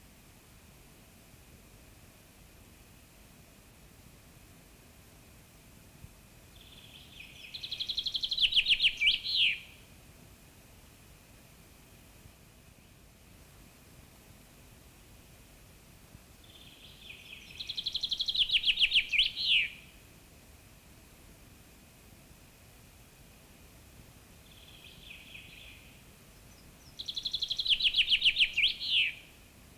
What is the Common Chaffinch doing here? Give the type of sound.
song